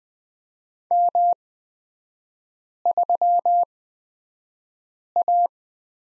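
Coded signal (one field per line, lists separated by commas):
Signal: Morse code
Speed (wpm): 20 wpm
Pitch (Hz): 700 Hz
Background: none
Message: M3A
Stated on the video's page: Morse lesson on the prosign BT at Farnsworth speed 20/10 wpm.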